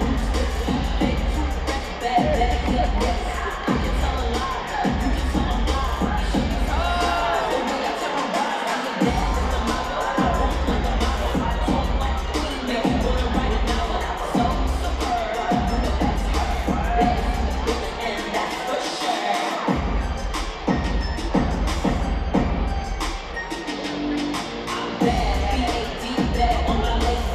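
A packed wrestling crowd at Madison Square Garden roars steadily for the whole stretch, a thick wall of voices with rhythmic rises that sound like chanting. Deep rumbling booms run underneath throughout, briefly dropping out near nine and nineteen seconds, with scattered whoops and cheers breaking through.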